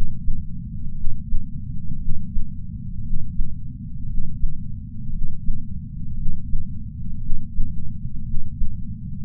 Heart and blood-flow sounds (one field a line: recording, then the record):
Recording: heart sounds by patch sensor on the chest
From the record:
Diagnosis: coronary artery disease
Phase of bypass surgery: intraoperative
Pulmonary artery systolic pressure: 25 mmHg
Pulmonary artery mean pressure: 17 mmHg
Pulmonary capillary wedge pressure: 11 mmHg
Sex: male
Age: 62 years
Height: 172 cm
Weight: 60 kg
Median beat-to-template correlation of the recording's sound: 0.91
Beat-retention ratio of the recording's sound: 1.00